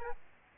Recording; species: mosquito wingbeat signal from an infrared sensor; Aedes albopictus